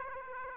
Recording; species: mosquito wingbeat signal from an infrared sensor; Aedes aegypti